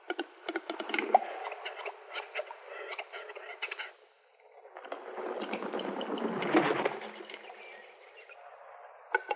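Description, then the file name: Western capercaillie song: a series of dry, irregular clicks, a brief pause, then a long rasping, scraping passage before a few more clicks. "metso"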